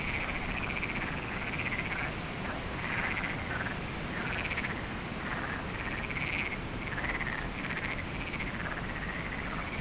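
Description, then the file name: Frog chorus of overlapping rattling trills, with strong continuous wind noise throughout. Frogs at Lagoa do Canário, recorded with wind; binaural recording. "Lagoado Canario frogs wind"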